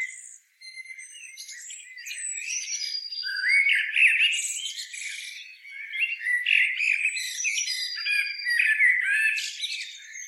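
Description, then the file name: Eurasian blackbird chattering continuously with squeaky, rasping notes and interspersed high thin whistles, growing louder after a quieter start. "Turdus merula"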